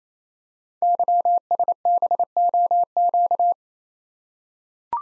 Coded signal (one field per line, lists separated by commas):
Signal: Morse code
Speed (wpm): 27 wpm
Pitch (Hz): 700 Hz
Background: none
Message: YSBOQ